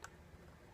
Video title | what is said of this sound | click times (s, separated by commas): Threading an early Florence Sewing Machine | it down until it snaps into place | 0.0 s